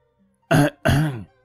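Two short, dry, forced coughs in quick succession, faked by an old father to interrupt two people's thoughts; the second is slightly longer, with broad throaty bursts and a brief silence between them.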